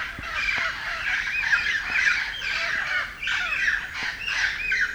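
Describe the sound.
Red-crowned parrot: a continuous jumble of harsh screeches and squawks.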